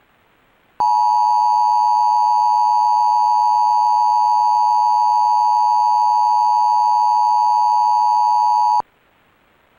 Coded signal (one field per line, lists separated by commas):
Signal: Emergency Alert System (SAME) tones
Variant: 853 and 960 Hz attention tone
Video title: (EAS #64) Suddenlink / Optimum - Tornado Warning (Parkersburg, WV) (3/30/2024)